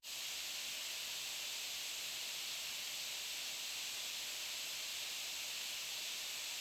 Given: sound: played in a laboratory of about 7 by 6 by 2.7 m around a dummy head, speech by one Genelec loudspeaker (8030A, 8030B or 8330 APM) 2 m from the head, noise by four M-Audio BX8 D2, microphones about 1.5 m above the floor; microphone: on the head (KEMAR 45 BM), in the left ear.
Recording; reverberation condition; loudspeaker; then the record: white noise; high; four, about 170 cm from the corners of the room and facing them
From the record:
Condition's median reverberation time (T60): about 1300 ms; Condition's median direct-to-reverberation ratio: about -4.0 dB